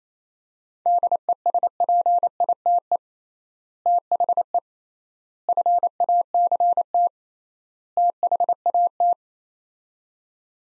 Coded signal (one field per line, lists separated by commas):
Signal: Morse code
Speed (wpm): 28 wpm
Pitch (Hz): 700 Hz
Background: none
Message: DESPITE THE FACT THAT